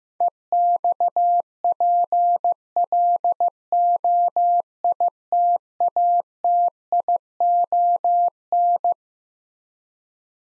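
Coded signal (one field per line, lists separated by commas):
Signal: Morse code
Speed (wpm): 16 wpm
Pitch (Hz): 700 Hz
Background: none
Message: EXPLOITATION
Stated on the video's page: Morse head-copy drill of twelve-letter words at 15 wpm, each word sent, spoken, then sent again.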